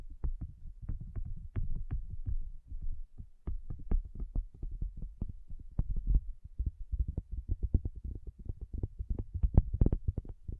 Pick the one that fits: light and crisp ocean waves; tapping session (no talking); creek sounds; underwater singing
tapping session (no talking)